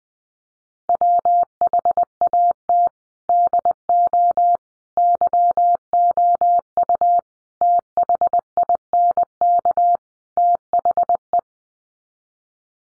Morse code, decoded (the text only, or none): WHAT DO YOU THINK THE